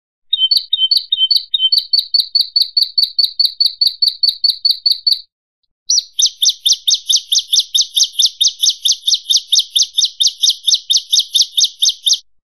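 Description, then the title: Bar-winged Prinia giving rapid, evenly repeated high chirps, a brief pause, then a steady run of sharp notes. "Suara Burung Ciblek"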